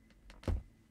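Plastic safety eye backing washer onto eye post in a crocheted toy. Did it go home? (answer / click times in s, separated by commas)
yes / 0.3 s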